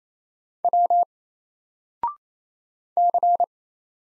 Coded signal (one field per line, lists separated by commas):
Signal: Morse code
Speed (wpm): 27 wpm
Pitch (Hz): 700 Hz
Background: none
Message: W C